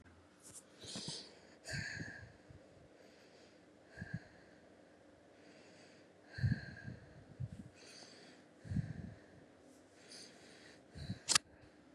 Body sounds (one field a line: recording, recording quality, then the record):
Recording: shallow breathing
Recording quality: excellent, no background noise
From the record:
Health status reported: COVID-19 positive, mild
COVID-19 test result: positive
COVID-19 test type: RT-PCR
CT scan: not taken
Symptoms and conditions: fatigue, muscle pain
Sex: female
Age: 28 years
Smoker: no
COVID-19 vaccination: both doses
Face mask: not worn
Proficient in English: yes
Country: India